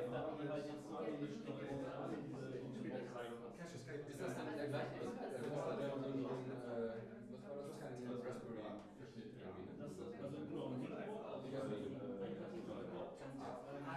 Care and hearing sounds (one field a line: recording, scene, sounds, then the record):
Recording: everyday scene through a hearing-aid microphone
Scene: many people talking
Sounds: many voices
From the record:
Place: bistro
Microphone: behind the ear, left, rear